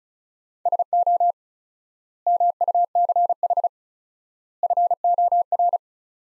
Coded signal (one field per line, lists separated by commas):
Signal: Morse code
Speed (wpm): 36 wpm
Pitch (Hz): 700 Hz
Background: none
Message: SO MUCH FOR